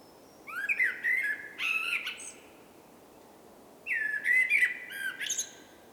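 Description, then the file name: Common blackbird song: two rich warbling phrases of fluty, slurred whistles with high twittery endings, separated by a gap of about a second and a half. "Turdus merula"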